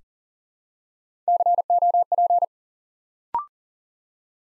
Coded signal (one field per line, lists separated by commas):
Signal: Morse code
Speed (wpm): 42 wpm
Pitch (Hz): 700 Hz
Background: none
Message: COP